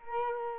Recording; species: mosquito wingbeat signal from an infrared sensor; Culex quinquefasciatus